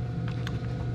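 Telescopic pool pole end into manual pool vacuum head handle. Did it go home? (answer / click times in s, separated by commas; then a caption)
no / none. A telescopic pool pole end with two spring plug buttons is pushed toward the plastic handle of a manual pool vacuum head. Over a steady low hum, two brief sharp sounds occur at about 0.3 s and 0.5 s. Nothing has seated or clicked yet.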